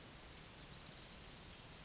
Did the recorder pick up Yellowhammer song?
no